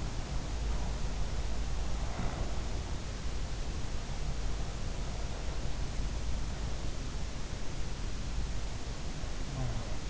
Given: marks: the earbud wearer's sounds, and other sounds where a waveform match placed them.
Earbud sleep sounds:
sounds in sleep by an in-ear microphone; snoring breath, talking in sleep
0.00-2.78 s: snoring breath
9.19-10.10 s: talking in sleep

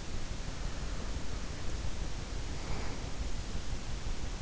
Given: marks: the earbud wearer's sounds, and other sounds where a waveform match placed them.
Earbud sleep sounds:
sounds in sleep by an in-ear microphone; breath
0.80-3.08 s: breath

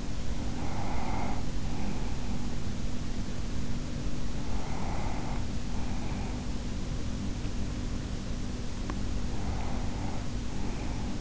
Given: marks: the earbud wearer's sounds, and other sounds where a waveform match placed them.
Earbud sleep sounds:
sounds in sleep by an in-ear microphone; breath
0.00-2.49 s: breath
4.23-6.98 s: breath
8.92-11.21 s: breath

